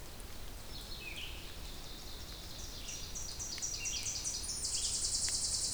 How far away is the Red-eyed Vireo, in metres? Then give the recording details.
about 40 m. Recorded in boreal forest in Alberta, Canada, on 2 June 2016 at 07:38. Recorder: SongMeter 3, array SBT-3-7. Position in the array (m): 80 m, 144 m